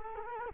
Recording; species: mosquito wingbeat signal from an infrared sensor; Culex quinquefasciatus